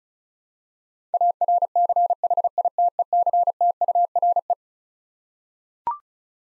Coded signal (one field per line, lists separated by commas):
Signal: Morse code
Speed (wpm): 36 wpm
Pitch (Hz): 700 Hz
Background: none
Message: ARCHITECTURE